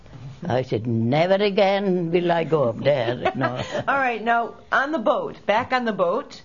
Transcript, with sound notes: I said, "Never again will I go there."
( she laughs ) All right. Now, on the boat, back on the boat.